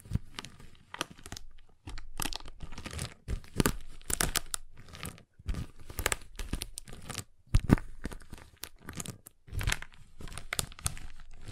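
Crisp handling of a giant chocolate bar, with rapid bursts of crinkling wrapper and sharp cracks coming in quick clusters across the twelve seconds. Brief silent gaps separate the busier stretches, and a louder snap lands near the middle.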